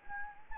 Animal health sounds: mosquito wingbeat signal from an infrared sensor; Anopheles gambiae

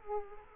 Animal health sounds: mosquito wingbeat signal from an infrared sensor; Aedes aegypti

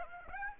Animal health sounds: mosquito wingbeat signal from an infrared sensor; Aedes aegypti

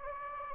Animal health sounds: mosquito wingbeat signal from an infrared sensor; Anopheles gambiae

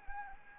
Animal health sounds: mosquito wingbeat signal from an infrared sensor; Anopheles gambiae

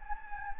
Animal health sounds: mosquito wingbeat signal from an infrared sensor; Anopheles gambiae

